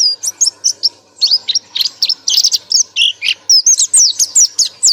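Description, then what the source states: Nightingale song: rapid, high sweeping and chirping notes delivered almost without a break, a short pause near one second, plus a few lower notes. Masteran recording, made for bird keepers to play to their birds so they learn to sing melodiously.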